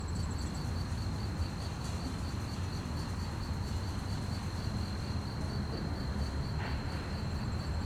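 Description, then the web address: Fast cricket chirping runs continuously as a thin high pulse, a second higher trill briefly at the start, over low background rumble. Fast-chirping crickets at night on a quiet street, with distant activities and slight wind; stereo. "QUIET STREET Night fast chirp crickets, distant activities, slight wind. Articulated Sounds - Quiet Streets. Sonniss"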